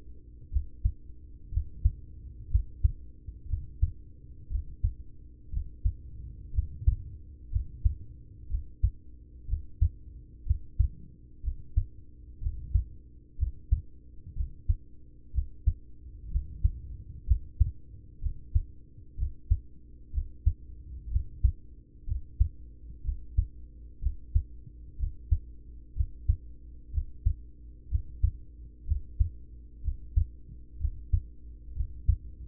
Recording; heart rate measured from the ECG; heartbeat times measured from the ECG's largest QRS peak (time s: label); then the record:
heart sounds by stethoscope; 61 bpm
0.49 s: heartbeat
1.49 s: heartbeat
2.47 s: heartbeat
3.45 s: heartbeat
4.47 s: heartbeat
5.49 s: heartbeat
6.50 s: heartbeat
7.48 s: heartbeat
8.46 s: heartbeat
9.45 s: heartbeat
10.42 s: heartbeat
11.40 s: heartbeat
12.38 s: heartbeat
13.35 s: heartbeat
14.33 s: heartbeat
15.30 s: heartbeat
16.28 s: heartbeat
17.23 s: heartbeat
18.18 s: heartbeat
19.14 s: heartbeat
20.10 s: heartbeat
21.07 s: heartbeat
22.03 s: heartbeat
23.01 s: heartbeat
23.99 s: heartbeat
24.95 s: heartbeat
25.93 s: heartbeat
26.90 s: heartbeat
27.87 s: heartbeat
28.84 s: heartbeat
29.80 s: heartbeat
30.77 s: heartbeat
31.72 s: heartbeat
From the record:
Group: heart failure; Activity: rest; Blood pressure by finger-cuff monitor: 104/59 mmHg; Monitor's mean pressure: 74 mmHg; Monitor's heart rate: 61 bpm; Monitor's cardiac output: 5.6 L/min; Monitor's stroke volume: 91 mL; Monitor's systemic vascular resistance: 950 dyn s/cm5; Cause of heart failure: ischemic heart disease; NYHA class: 1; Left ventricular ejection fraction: 33%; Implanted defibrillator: present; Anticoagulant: apixaban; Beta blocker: carvedilol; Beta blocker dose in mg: 18.75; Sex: male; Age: 39 years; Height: 168 cm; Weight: 72 kg